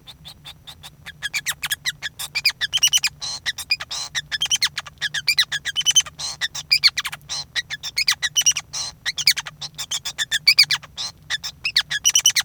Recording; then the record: song of a male Bengalese finch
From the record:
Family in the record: son of father 5